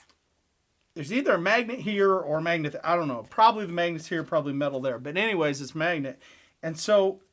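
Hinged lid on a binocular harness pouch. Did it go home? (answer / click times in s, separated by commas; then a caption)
no / none. Someone talks while handling the hinged, flip-forward lid of a binocular chest harness pouch, which has a magnetic closure meant to hold it down. A faint tick is heard at 0.1 s; the lid has not yet snapped shut or seated.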